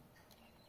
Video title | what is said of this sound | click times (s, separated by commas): כאב ראש מקבצי פיצול אימיטרקס זריקות | עד שזה ננעל ומוציאים את כל ה | 0.3 s